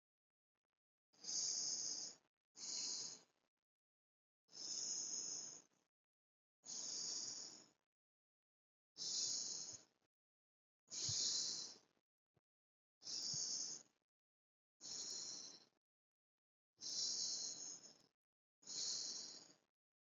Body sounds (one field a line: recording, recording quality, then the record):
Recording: deep breathing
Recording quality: excellent, no background noise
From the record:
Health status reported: recovered from COVID-19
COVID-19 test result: negative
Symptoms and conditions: none ticked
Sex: male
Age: 24 years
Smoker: not ticked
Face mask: worn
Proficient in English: yes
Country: India